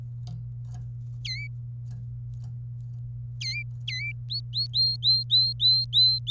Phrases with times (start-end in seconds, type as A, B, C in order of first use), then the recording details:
1.25-1.47 A, 3.41-3.62 A, 3.88-4.12 A, 4.30-6.30 B. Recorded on 26 April 2018 at 17:05. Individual llb3